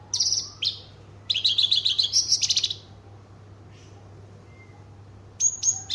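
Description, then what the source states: Horsfield's bush lark song: bursts of high, buzzy chirped notes and a fast rattling phrase, separated by short pauses, over a low steady hum. Called branjangan, a javanica bird singing its full repertoire of song material, described as outstanding.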